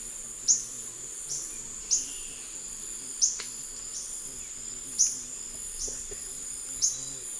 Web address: Natures Songs S America Eastern Lowlands Myiobius atricaudus, calls pair